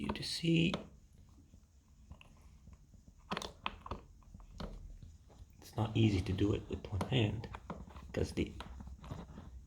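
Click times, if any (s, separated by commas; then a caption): none. The second hose of a wet/dry vacuum cleaner is pushed one-handed toward its plastic connection port while the cleaner body keeps moving, and someone talks throughout. Short plastic knocks and rattles of handling come around 3.3–3.9 s, with louder bursts of movement near 6–7 s. Nothing has seated or clicked yet.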